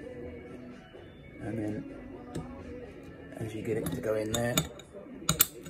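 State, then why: Seated. A steel Tru-Arc piston pin circlip is pressed with minimal pressure, so as not to bend it inwards, into the groove of the piston pin bore in an aluminium 2276cc Wiseco piston for a VW aircooled engine, while someone talks. Sharp metallic clicks at 5.3 s and 5.4 s mark the circlip snapping into its groove. It is seated tight with no movement.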